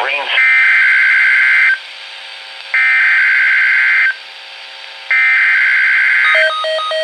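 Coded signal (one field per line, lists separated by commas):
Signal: Emergency Alert System (SAME) tones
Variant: header bursts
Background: speech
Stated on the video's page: Real severe thunderstorm warning received on NOAA Weather Radio stations KHA99 and WXK22.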